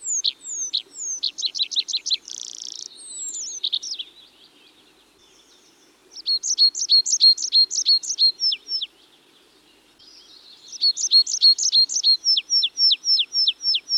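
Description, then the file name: Tree pipit song in three bursts separated by short pauses, each a quick run of high, sharp repeated notes shifting into different trilled series. "Tree Pipit (Anthus trivialis)"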